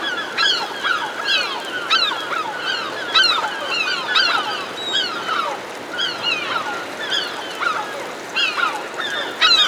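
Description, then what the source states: Herring gulls calling as a flock, overlapping harsh downslurred cries repeated constantly throughout over a steady background hiss. Several herring gulls hovering overhead.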